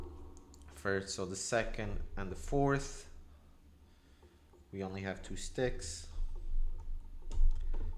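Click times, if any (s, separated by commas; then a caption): 7.3 s. Someone talks while a memory stick is pushed into a motherboard DIMM slot, with small clicks and handling sounds around it. The retention latch snaps shut with a sharp click at 7.3 s, and the stick is confirmed seated.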